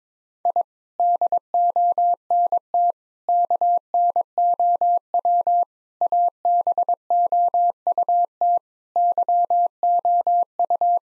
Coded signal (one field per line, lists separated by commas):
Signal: Morse code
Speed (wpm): 22 wpm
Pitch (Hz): 700 Hz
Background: none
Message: I DONT KNOW ABOUT YOU